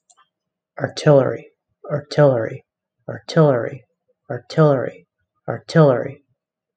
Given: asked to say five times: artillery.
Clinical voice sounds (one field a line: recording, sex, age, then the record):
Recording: repeated word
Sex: male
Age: 30 to 39 years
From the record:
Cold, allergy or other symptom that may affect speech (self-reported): no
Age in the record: 35 years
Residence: Massachusetts, United States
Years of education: 19